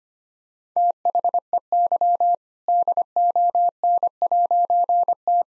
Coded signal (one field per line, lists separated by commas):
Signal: Morse code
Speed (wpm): 25 wpm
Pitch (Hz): 700 Hz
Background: none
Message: THEY DON'T